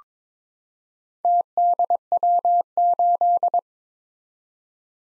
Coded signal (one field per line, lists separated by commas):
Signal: Morse code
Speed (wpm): 23 wpm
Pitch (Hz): 700 Hz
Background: none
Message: TDW8